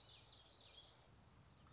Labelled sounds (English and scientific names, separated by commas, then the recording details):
Common Yellowthroat (Geothlypis trichas)
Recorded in Sonoma County, California